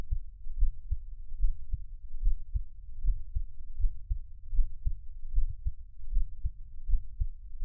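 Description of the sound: Soft, deep, regular thumps at about 76 beats a minute, with low rumble between beats and no talking. It is an ordinary adult heartbeat heard close up, the person's own heartbeat for ASMR listening.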